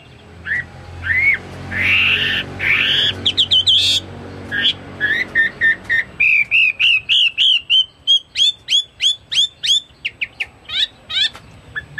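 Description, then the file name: Chinese hwamei singing a long, varied whistled song. Slurred notes build into a fast series of clear, repeated rising whistles. "omkicau hwamei"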